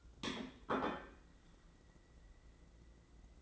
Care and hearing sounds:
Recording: daily activity, microphone in the room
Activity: place plate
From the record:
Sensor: 3

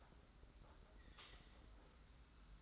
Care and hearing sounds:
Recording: daily activity, microphone in the room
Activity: take from stove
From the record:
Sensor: 3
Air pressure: 991.0 hPa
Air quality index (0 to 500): 103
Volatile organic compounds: 37 ppm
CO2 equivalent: 3103 ppm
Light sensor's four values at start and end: 45/124/51/44 and 44/124/51/44

